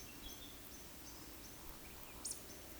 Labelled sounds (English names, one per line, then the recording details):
Eurasian Woodcock whistle
Eurasian Woodcock croak
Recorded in Baden-Württemberg, Germany, on 13 June 2021 at 19:43 UTC
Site 23718, 552 m above sea level